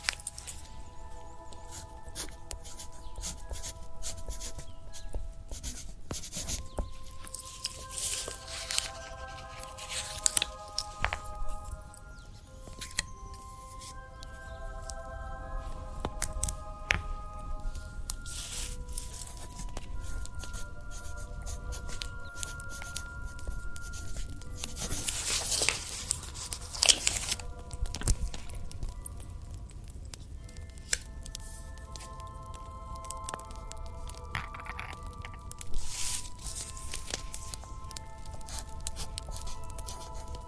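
Tapping and scratching sounds, with quick dry clicks falling in uneven clusters throughout. Louder rasping scrapes flare up near ten, sixteen and twenty-five seconds. Beneath them runs a soft steady low rumble, with faint held tones drifting in and out.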